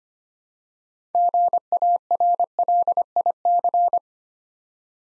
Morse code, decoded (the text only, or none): GARLIC